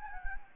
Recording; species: mosquito wingbeat signal from an infrared sensor; Anopheles gambiae